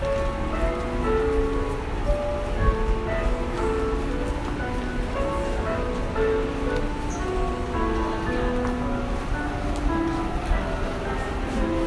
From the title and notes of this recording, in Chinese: 下班時間的忠孝復興捷運站- 聽 ·台北。